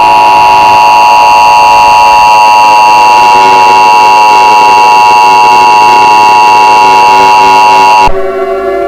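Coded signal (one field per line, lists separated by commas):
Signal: Emergency Alert System (SAME) tones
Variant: 853 and 960 Hz attention tone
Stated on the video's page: Fictional EAS scenario with simulated alert tones about a war of gods across California.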